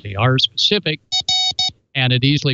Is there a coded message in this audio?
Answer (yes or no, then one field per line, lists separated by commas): no